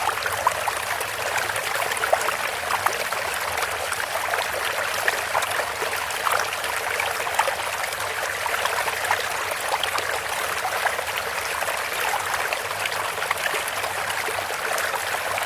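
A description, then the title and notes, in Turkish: Water runs from a bamboo fountain in a steady, unbroken trickle and splash, dense with fine droplet detail. The sound sits in the bright middle and upper range with little low rumble, even in level throughout. Bambu Su Çeşmesi. Bu bambu çeşmesinden gelen su sesleri.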